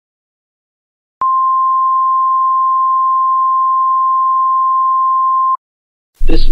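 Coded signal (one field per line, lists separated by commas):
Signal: Emergency Alert System (SAME) tones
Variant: 1050 Hz attention tone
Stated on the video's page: Mock EAS alert, a simulated scenario, not a real activation.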